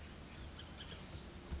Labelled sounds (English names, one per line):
Bullock's Oriole